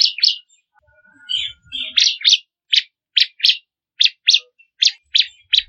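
Bar-winged prinia song: sharp, high chirped notes, often in pairs, with short gaps between them, plus a few faint low sounds.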